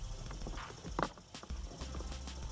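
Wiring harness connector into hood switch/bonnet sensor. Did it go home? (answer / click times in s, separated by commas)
yes / 1.0 s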